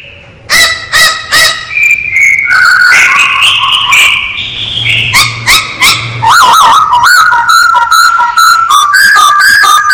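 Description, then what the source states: Masked laughingthrush song: three sharp harsh strokes, then loud sliding whistled phrases and quick clipped notes tumbling in a varied, energetic stream. Known locally as poksay hongkong; described as gacor, singing actively and persistently.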